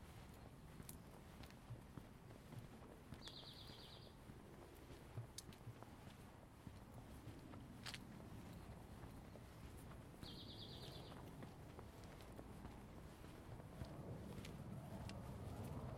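A neighborhood stroll in Seattle: a steady low rumble of traffic runs throughout, swelling near the end as a vehicle seems to approach. A short bright chirp sounds twice, around 3 and 10 seconds, with a few sharp ticks and clicks scattered between.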